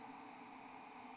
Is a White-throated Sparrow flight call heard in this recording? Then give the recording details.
no. No flight call is heard. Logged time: 23:31 on 11 December 2014